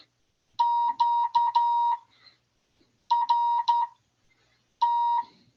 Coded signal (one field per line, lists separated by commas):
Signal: Morse code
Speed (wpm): 13 wpm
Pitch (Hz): 950 Hz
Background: none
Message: QRT